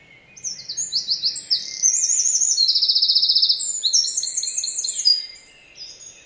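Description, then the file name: Eurasian wren song: a loud, very high, rapid outpouring of trills and buzzy rattles lasting about five seconds, with a soft hiss underneath. "Troglodytes troglodytes"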